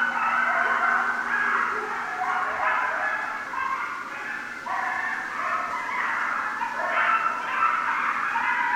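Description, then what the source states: Coyotes in a group chorus of overlapping yips and wavering howls, high-pitched and stepping up and down in pitch throughout, with a low hum underneath for the first two seconds. Several coyotes, 6 January 2013.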